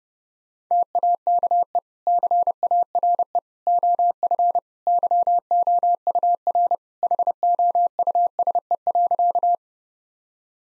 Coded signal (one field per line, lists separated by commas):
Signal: Morse code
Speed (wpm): 30 wpm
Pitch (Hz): 700 Hz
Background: none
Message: TAKE CARE OF YOUR HOUSE.